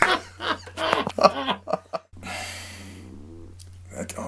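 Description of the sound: An adult's stomach growl, a drawn-out rumbling with a wavering tonal quality, heard in a studio right after a burst of speech; it is attributed to juicing.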